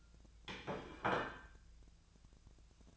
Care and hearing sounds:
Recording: daily activity, microphone in the room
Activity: place plate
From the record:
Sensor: 2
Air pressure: 1009.3 hPa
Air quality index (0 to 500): 187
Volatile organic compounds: 12 ppm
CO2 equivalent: 2325 ppm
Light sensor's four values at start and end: 22/53/23/25 and 22/54/23/25

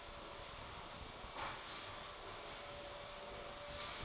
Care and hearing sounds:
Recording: daily activity, microphone in the room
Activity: vacuum cleaning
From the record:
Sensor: 5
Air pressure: 1012.0 hPa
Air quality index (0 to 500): 247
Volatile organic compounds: 5 ppm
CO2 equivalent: 1706 ppm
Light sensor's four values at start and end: 36/83/34/35 and 36/83/34/35

